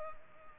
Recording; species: mosquito wingbeat signal from an infrared sensor; Culex pipiens